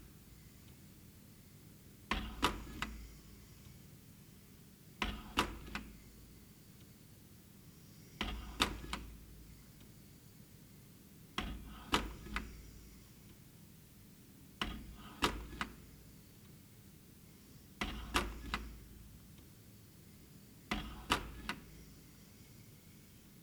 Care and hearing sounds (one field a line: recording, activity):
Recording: daily activity, guitar pickup as the sensor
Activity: manipulate door